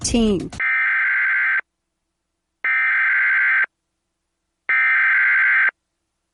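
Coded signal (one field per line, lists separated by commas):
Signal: Emergency Alert System (SAME) tones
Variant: header bursts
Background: speech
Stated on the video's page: Personally captured EAS alerts, a compilation of real alerts.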